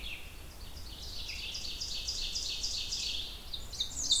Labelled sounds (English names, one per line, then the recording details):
Ovenbird song
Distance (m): 45 m
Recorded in boreal forest in Alberta, Canada, on 28 June 2016 at 07:53
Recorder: SongMeter 3, array SBT-6-79
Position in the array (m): 68 m, 142 m
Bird 40